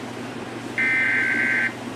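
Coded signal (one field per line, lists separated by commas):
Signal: Emergency Alert System (SAME) tones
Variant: header bursts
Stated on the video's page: Fictional Emergency Alert scenario for a tornado.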